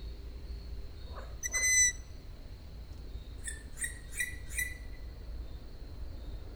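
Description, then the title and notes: Owl call: one high, clear whistle followed after a pause by four shorter, quicker squeaky notes, over a low steady background hum. Several owls, recorded at Židlochovice. "Sovy, Židlochovice, natočeno. Sovy v Židlochovicích, nahrál Tomáš Šenkyřík"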